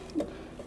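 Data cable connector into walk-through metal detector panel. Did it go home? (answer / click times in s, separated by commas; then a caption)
yes / 0.1 s, 0.2 s. A data cable connector is pushed into the panel socket of a Garrett Paragon walk-through metal detector during installation. Two short clicks are heard at 0.1 s and 0.2 s, and the connector seats firmly in place.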